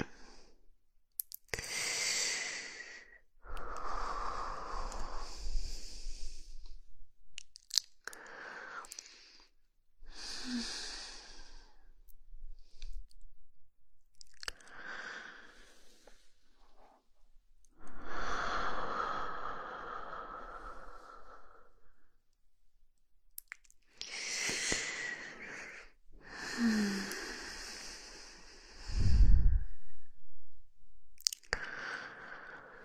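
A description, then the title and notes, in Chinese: Slow breathing, each breath a soft airy rush lasting two to four seconds, separated by near-silent gaps. Some breaths carry a faint wheezy, whistling edge, and a few small clicks and a low thump near the thirtieth second break the quiet between them. 缓缓的呼吸声。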